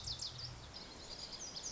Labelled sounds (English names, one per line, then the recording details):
Lazuli Bunting
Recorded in Sonoma County, California